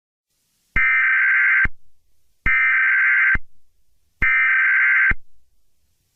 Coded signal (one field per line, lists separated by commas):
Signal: Emergency Alert System (SAME) tones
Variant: header bursts